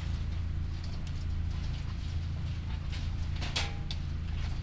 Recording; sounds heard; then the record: poultry house recording; sick chickens (respiratory disease)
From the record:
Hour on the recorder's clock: 21